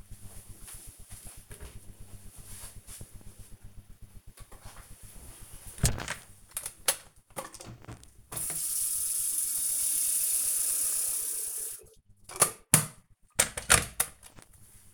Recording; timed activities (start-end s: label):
household activities, microphone on the right wrist
3.99-14.94 s: making tea